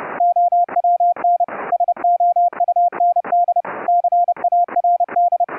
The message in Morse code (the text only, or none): OWN SOUND CARD